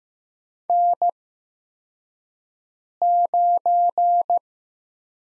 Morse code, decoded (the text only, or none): N9